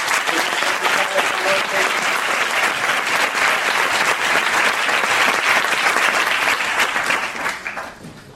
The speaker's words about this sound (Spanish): De manera que, pues, un gran aplauso